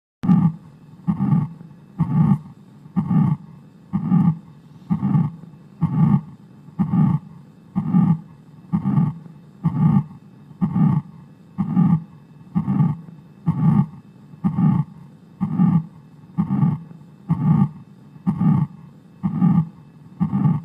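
Heart sounds from a heart sound simulator at about 64 per minute, each beat carrying a steady blowing murmur through systole: a holosystolic murmur.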